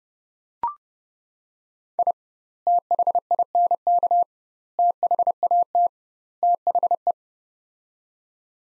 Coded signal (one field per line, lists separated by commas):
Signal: Morse code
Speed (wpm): 30 wpm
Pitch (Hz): 700 Hz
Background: none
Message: I THINK THAT THE